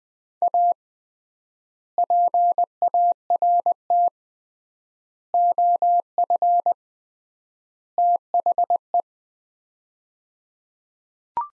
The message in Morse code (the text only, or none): A PART OF THE